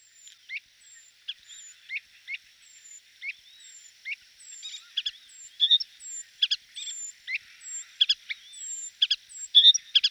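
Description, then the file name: Hippolais warbler giving repeated short, sharp chirps mixed with thin high whistled slurs, the notes growing louder toward the end. "hypolais portrait mono"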